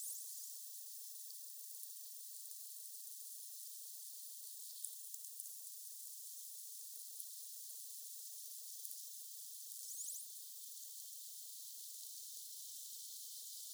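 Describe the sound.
Pygmy killer whale clicks: scattered sharp clicks and click bursts over a constant high-pitched hiss.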